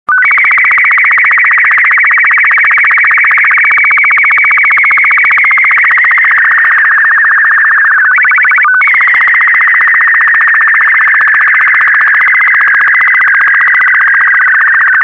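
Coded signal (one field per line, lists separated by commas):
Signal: SSTV (slow-scan television)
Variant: 8-second frame sequential color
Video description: This transmission was made on or about 14.230 MHz by WA7WOD in late August 1981. It consists of 3 separate 8-second 128 line images containing red, green, and blue video frames.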